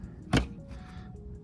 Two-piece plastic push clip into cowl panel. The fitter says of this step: Bam, snaps place.